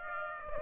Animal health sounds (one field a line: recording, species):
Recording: mosquito wingbeat signal from an infrared sensor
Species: Aedes aegypti